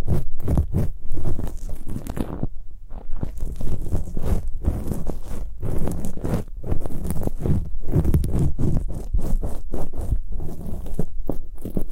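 Ear picking with several props, a dense stream of scratching, rubbing and crinkling that fills nearly the whole twelve seconds. Heavy, low rustles come in quick bursts, with brief near-silent gaps around three and five seconds and a few more toward the end.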